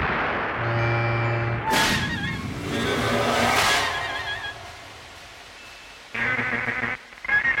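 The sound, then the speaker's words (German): A female donkey brays in loud, rasping bursts, alternating low droning honks with harsh, breathy wheezes, then breaks off before one last short honk near the end. “Genauer gesagt, eine Eselin.”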